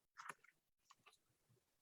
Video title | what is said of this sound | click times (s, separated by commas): Coaches Corner EP 26 - Inspire Accessories! | You can wear it with or without. Snaps right in. | 0.3 s